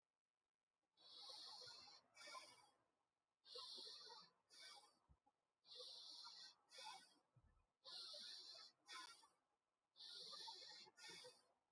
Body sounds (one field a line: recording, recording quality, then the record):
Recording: shallow breathing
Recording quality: excellent, no background noise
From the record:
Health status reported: healthy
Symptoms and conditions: none ticked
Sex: male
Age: 47 years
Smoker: not ticked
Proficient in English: yes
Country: India